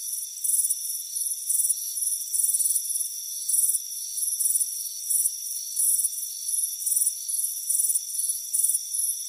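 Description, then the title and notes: Cricket chirps in bright, pulsed bursts, slightly uneven in timing, over a continuous high insect whine. Crickets chirping on a warm afternoon by a front porch. "Soothing Crickets Chirping Sound. It's a warm afternoon as you relax in a hammock on the front porch. Relax and fall asleep to the soothing sound of chirping crickets. Deep Sleep Sounds"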